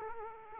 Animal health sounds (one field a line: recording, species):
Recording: mosquito wingbeat signal from an infrared sensor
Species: Culex quinquefasciatus